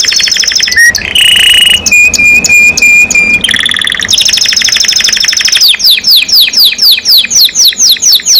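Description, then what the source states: Canary song, loud and varied: fast buzzy trills, a long steady whistled note, then a rapid run of descending sweeps. Described as gacor, singing constantly, and as a first-place champion songbird.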